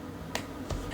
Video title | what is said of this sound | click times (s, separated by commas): ●Samsung Galaxy Z Fold6 - Magsafe Case With Kickstand & Hinge Cover: Best Protection, Good Price! | and it's also going to close with a nice little click | 0.3 s